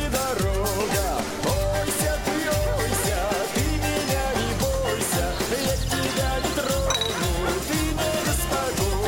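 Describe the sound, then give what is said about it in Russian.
Puppies being given away as gifts yip and bark in a steady, overlapping chorus, with high-pitched, sliding cries repeating rapidly and continuously at an even loudness throughout. “Щенки! Великолепные щенки! Самые чудесные щенки!”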